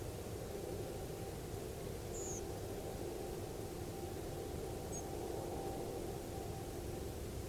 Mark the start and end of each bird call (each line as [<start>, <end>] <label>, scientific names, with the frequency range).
[2.12, 2.41] Turdus iliacus (5.7-7.9 kHz)
[4.90, 5.03] Erithacus rubecula (6.2-8.2 kHz)